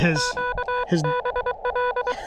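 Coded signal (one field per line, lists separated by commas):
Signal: Morse code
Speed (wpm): 23 wpm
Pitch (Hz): 980 Hz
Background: speech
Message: QBL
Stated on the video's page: CW Parks On The Air activation using an Elecraft KX2 with AX1 antenna on a tripod.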